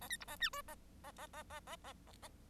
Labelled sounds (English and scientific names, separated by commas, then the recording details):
Bengalese Finch (Lonchura striata domestica) song
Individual Bird1